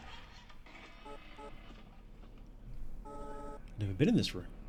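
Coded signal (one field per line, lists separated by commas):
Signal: none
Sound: game's interaction sounds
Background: speech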